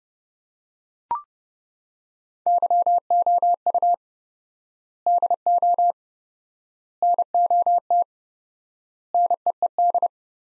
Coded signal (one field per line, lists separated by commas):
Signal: Morse code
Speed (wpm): 30 wpm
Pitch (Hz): 700 Hz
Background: none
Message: YOU DO NOT NEED